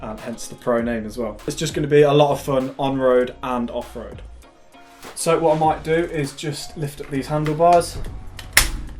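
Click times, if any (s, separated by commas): 8.6 s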